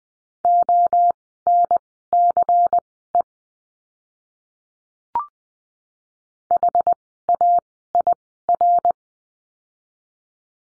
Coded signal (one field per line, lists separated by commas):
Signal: Morse code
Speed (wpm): 20 wpm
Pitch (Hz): 700 Hz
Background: none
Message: ONCE HAIR